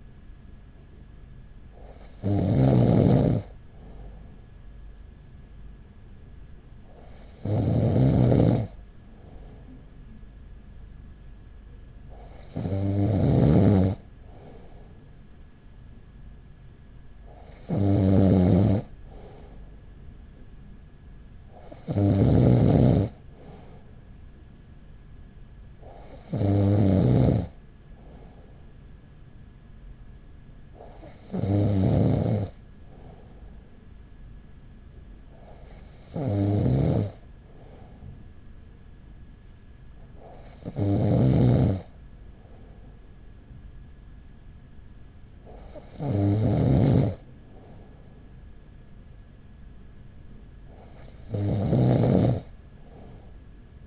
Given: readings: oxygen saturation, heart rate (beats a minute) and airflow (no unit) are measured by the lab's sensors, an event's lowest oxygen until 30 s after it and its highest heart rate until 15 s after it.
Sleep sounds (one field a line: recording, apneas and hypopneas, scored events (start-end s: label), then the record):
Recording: breathing in sleep by a smartphone at the bedside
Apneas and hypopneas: none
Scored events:
none scored
From the record:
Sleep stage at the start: N2 (light sleep)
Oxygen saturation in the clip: 95 to 96%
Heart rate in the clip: 40 to 44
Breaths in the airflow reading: 11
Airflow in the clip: -5.6 to 4.6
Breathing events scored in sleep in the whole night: 207 in 7.6 hours asleep